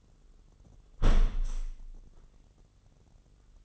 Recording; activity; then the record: daily activity, microphone in the room; close window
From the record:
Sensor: 4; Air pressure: 996.5 hPa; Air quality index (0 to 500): 78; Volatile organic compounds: 3 ppm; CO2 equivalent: 1467 ppm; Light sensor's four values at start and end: 21/55/21/23 and 19/53/20/22